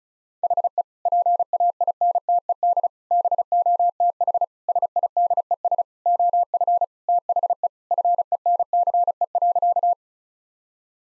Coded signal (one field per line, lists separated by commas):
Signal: Morse code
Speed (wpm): 35 wpm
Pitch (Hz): 700 Hz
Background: none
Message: HE PAINTED BOTH SIDES OF THE FENCE.